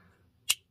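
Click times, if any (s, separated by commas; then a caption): 0.5 s. A folding knife blade is swung fully open and its back lock snaps into place with a single sharp, bright click at 0.5 s over a faint low background. The lock is seated and rock solid.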